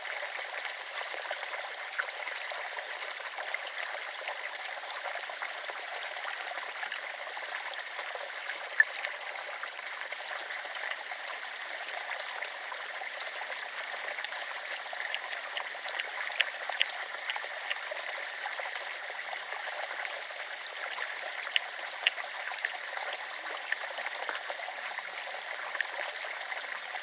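The River Allen, a chalk river in the UK, flows with a steady, dense trickle and babble. Fine bright splashes and small ticks scatter across the whole clip without pause, with no low rumble beneath. Faint high tones recur every few seconds.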